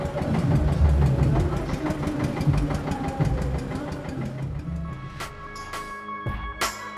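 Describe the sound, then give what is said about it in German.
A tractor's diesel engine chugs in a steady, rapid knocking rhythm, low and loud, as it starts moving off at the head of a night dance demonstration on a cool October evening in Nuremberg, Germany; later a few sharp clanks and bangs cut through the rumble. “Ein ungewöhnliches Gefährt setzt sich in Gang. Ein Traktor.”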